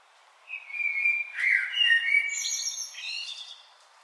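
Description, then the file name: Common blackbird song: a clear, drawn-out fluty whistle, then a rich warbled section and a thin, high twittering finish. "Turdus merula"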